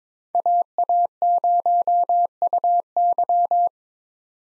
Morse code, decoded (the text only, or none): AA0UY